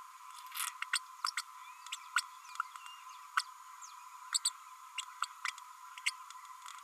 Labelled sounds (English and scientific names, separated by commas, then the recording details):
Green-rumped Parrotlet (Forpus passerinus) babbling
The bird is a female
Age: 31 days
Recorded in a nest box in Venezuela
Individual 17B32A7